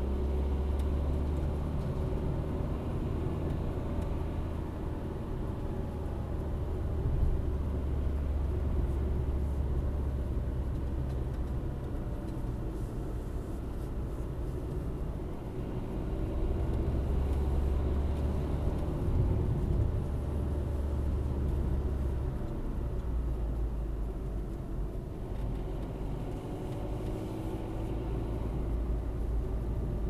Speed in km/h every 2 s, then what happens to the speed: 49, 61, 63, 55, 51, 44, 48, 52, 57, 58, 50, 37, 38, 41, 38.
0-3 speeds up to 63. 3-10 slows to 44. 10-19 speeds up to 58. 19-22 brakes to 37. 22-30 steady at about 38.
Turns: 18-25.